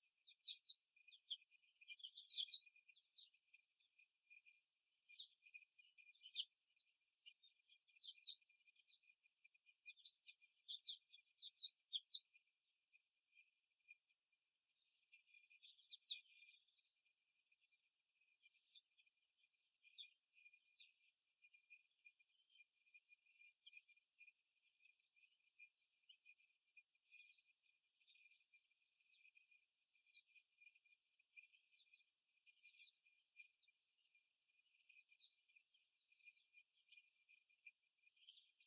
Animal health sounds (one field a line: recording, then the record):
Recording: young laying hens in a cage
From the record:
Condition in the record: after the stressor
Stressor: simulated dog barking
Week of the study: 1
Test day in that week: 2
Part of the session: 1